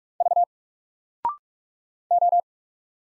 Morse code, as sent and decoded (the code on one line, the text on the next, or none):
...- / ---
V O